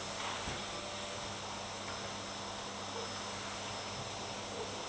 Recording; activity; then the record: daily activity, microphone in the room; vacuum cleaning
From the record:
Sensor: 3